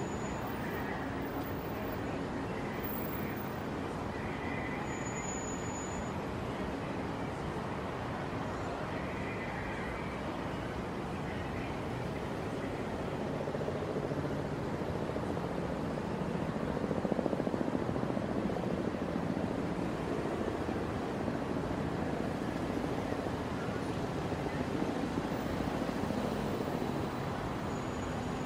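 Heavy traffic on the Brooklyn Bridge makes a dense, continuous roar of passing vehicles with no gaps. The rumble swells louder around the middle, peaking near seventeen seconds, then settles back slightly. A brief high squeal cuts in around five seconds.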